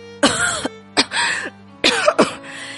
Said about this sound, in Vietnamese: Ôi không, vị nam tước chống tay dậy và ho.